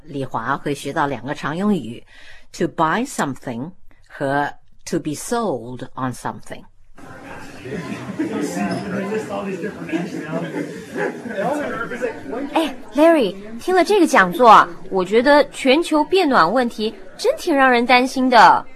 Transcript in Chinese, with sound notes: Li Hua 会学到两个常用语：to buy something 和 to be sold on something。
(college hallway noise) 哎，Larry, 听了这个讲座，我觉得“全球变暖问题”真挺让人担心的。